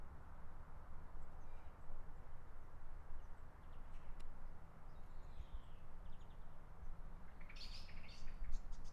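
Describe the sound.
Bird chirps, a few faint high notes early on, then a brighter burst of quick twittering near the end, over a steady low rumble of wind or background noise.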